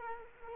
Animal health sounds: mosquito wingbeat signal from an infrared sensor; Culex quinquefasciatus

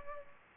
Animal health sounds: mosquito wingbeat signal from an infrared sensor; Culex pipiens

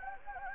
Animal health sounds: mosquito wingbeat signal from an infrared sensor; Anopheles gambiae

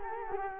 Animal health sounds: mosquito wingbeat signal from an infrared sensor; Culex quinquefasciatus

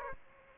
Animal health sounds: mosquito wingbeat signal from an infrared sensor; Aedes aegypti

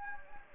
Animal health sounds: mosquito wingbeat signal from an infrared sensor; Anopheles gambiae

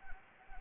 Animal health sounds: mosquito wingbeat signal from an infrared sensor; Anopheles gambiae

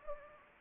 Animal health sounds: mosquito wingbeat signal from an infrared sensor; Anopheles gambiae

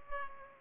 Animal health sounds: mosquito wingbeat signal from an infrared sensor; Culex pipiens

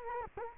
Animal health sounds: mosquito wingbeat signal from an infrared sensor; Culex quinquefasciatus

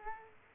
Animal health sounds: mosquito wingbeat signal from an infrared sensor; Culex quinquefasciatus

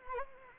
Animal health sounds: mosquito wingbeat signal from an infrared sensor; Anopheles arabiensis

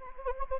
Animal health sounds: mosquito wingbeat signal from an infrared sensor; Anopheles gambiae

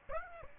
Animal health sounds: mosquito wingbeat signal from an infrared sensor; Aedes aegypti

